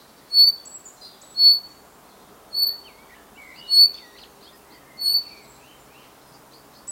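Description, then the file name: Common chaffinch calling with five clear, clipped high notes spaced about a second apart, mixed with faint squeaky chirps and a steady low rustling hiss. "Fringilla coelebs"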